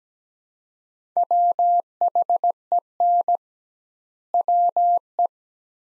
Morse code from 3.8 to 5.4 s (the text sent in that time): WE